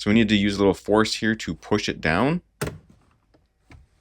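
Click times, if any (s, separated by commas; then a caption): 3.7 s. Someone talks while the plastic soft-open damper arm on the right side of a 2018–2025 Honda Odyssey's glove box is pushed down with some force to release it from its pop-in mounting post in the dashboard. After a couple of faint ticks, a short, sharp snap at 3.7 s marks the arm coming free of its mount.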